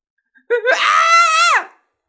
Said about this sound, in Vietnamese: Tên thiếu chủ vương tộc kia sợ hãi mà hét lớn.